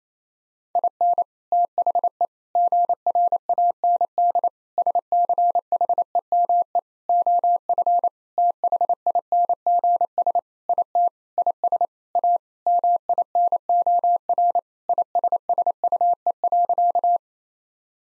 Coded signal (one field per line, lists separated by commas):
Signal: Morse code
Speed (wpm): 27 wpm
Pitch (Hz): 700 Hz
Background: none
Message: IN THE GRAND SCHEME OF THINGS IT IS A MINOR ISSUE.